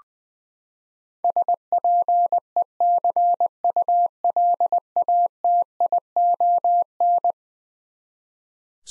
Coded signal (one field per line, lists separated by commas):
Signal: Morse code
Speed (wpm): 21 wpm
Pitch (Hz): 700 Hz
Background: none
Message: SPECULATION